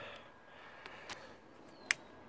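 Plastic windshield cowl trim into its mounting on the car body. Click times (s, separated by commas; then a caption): 1.9 s. A plastic windshield cowl trim piece on an E39 BMW is guided slowly with two hands into its mounting on the car body and pressed home. Faint rustling and a couple of small ticks near 0.9 s and 1.1 s lead up to one sharp, loud click at 1.9 s. The trim clicks into place and is seated on both sides.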